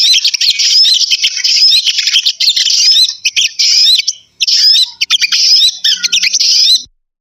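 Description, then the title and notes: Bird calls in a loud, dense chatter of high squeaky notes, running almost continuously with a few brief gaps. Compilation of bird lure calls meant to attract stubborn, hard-to-approach birds. "Suara Burung Bandel Yang Susah Mendekati. Kompilasi Suara Pikat Burung"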